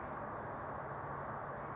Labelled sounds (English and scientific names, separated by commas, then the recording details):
California Towhee (Melozone crissalis)
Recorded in Sonoma County, California